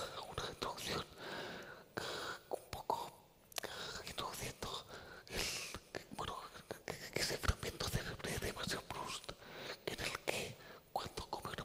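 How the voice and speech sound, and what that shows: An adult man speaks Spanish almost entirely in a breathy whisper, with little or no voiced tone and short pauses between phrases. This near-whispered voice comes from laryngeal dystonia, a neurological condition in which involuntary spasms of the larynx prevent normal voicing.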